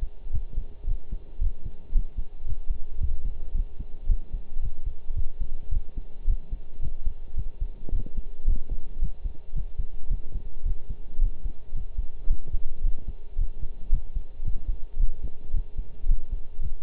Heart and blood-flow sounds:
heart sounds by stethoscope; between the tricuspid and mitral areas; 111 bpm
0.33 s: heartbeat
0.87 s: heartbeat
1.41 s: heartbeat
1.94 s: heartbeat
2.47 s: heartbeat
3.00 s: heartbeat
3.54 s: heartbeat
4.09 s: heartbeat
4.62 s: heartbeat
5.16 s: heartbeat
5.71 s: heartbeat
6.27 s: heartbeat
6.82 s: heartbeat
7.37 s: heartbeat
7.91 s: heartbeat
8.47 s: heartbeat
9.02 s: heartbeat
9.55 s: heartbeat
10.10 s: heartbeat
10.65 s: heartbeat
11.21 s: heartbeat
11.75 s: heartbeat
12.29 s: heartbeat
12.83 s: heartbeat
13.38 s: heartbeat
13.92 s: heartbeat
14.45 s: heartbeat
14.99 s: heartbeat
15.53 s: heartbeat
16.08 s: heartbeat
16.62 s: heartbeat
From the record:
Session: pedaling a stationary bicycle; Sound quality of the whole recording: partially saturated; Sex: male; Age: 23 years

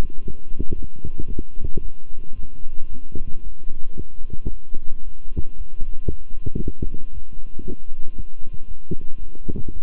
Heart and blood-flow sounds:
heart sounds by stethoscope; between the tricuspid and mitral areas; 114 bpm
0.21 s: heartbeat
0.74 s: heartbeat
1.27 s: heartbeat
1.80 s: heartbeat
2.34 s: heartbeat
2.88 s: heartbeat
3.42 s: heartbeat
3.96 s: heartbeat
4.49 s: heartbeat
5.03 s: heartbeat
5.56 s: heartbeat
6.09 s: heartbeat
6.61 s: heartbeat
7.12 s: heartbeat
7.64 s: heartbeat
8.15 s: heartbeat
8.66 s: heartbeat
9.18 s: heartbeat
9.72 s: heartbeat
From the record:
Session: walking at 3.7 km/h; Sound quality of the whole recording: good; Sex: male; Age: 26 years

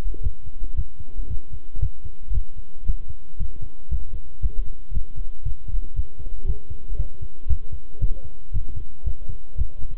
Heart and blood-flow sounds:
heart sounds by stethoscope; between the tricuspid and mitral areas; 116 bpm
0.23 s: heartbeat
0.77 s: heartbeat
1.30 s: heartbeat
1.81 s: heartbeat
2.34 s: heartbeat
2.87 s: heartbeat
3.39 s: heartbeat
3.91 s: heartbeat
4.42 s: heartbeat
4.94 s: heartbeat
5.45 s: heartbeat
5.96 s: heartbeat
6.47 s: heartbeat
6.98 s: heartbeat
7.49 s: heartbeat
8.01 s: heartbeat
8.54 s: heartbeat
9.06 s: heartbeat
9.58 s: heartbeat
From the record:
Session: walking at 3.7 km/h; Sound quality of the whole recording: good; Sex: male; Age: 25 years

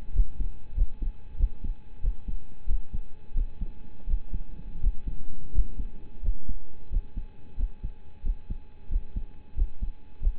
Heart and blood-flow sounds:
heart sounds by stethoscope; between the tricuspid and mitral areas; 89 bpm
0.12 s: heartbeat
0.74 s: heartbeat
1.37 s: heartbeat
2.01 s: heartbeat
2.66 s: heartbeat
3.34 s: heartbeat
4.06 s: heartbeat
4.80 s: heartbeat
5.51 s: heartbeat
6.21 s: heartbeat
6.89 s: heartbeat
7.56 s: heartbeat
8.22 s: heartbeat
8.88 s: heartbeat
9.54 s: heartbeat
10.19 s: heartbeat
From the record:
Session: rest, lying down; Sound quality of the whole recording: partially saturated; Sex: male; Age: 25 years

